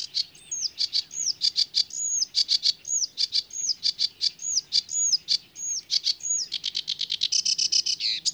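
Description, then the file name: Sedge warbler song mixing quick dry notes with repeated whistled notes, ending in a buzzy, rattling trill. "Rietzanger"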